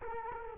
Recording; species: mosquito wingbeat signal from an infrared sensor; Culex quinquefasciatus